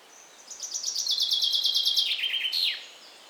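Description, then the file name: Common chaffinch delivering its brisk descending trill, ending with a brief accented flourish; light background noise behind the single bird. "Fringilla coelebs"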